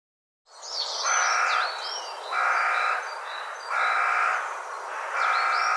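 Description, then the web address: Bird giving a harsh, drawn-out call lasting well under a second, repeated four times at gaps of under a second, with higher twittering notes between calls. Call rendered as co co co co. "cianscape birddata Deverinetal"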